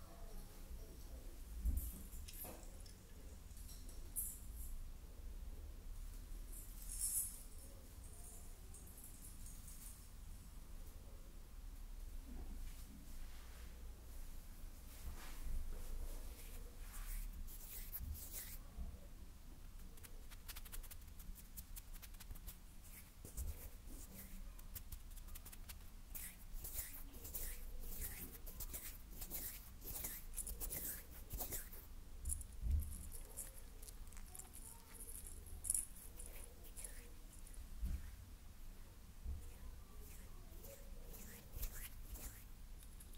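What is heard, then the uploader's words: Someone decorates a Christmas tree amid steady rustling and handling sounds. Frequent sharp clicks and bright jingling bursts, like ornaments clinking, come in irregular clusters, busiest from about 25 to 35 seconds. A low, constant hum runs underneath throughout. Decorating My Christmas Tree No Talking.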